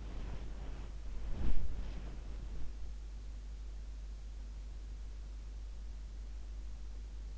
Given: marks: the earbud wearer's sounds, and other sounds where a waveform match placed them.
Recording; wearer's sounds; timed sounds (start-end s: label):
sounds in sleep by an in-ear microphone; body movement
0.08-3.01 s: body movement